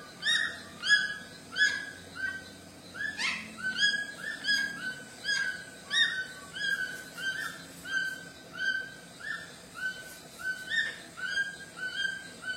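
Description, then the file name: White-throated toucan yelping song, harsh rising notes repeated in a long series, with faint background hiss. "canto do tucano grande de papo branco"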